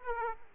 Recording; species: mosquito wingbeat signal from an infrared sensor; Aedes aegypti